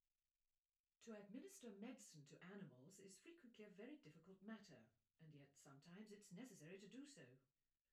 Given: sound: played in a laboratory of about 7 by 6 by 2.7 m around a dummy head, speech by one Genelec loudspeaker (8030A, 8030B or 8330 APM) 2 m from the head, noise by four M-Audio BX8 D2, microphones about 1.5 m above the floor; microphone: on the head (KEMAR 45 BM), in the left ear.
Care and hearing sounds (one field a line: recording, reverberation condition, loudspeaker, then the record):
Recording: female speech in English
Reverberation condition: low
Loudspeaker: 120 degrees to the right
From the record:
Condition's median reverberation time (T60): about 310 ms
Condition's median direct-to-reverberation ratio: about 3.5 dB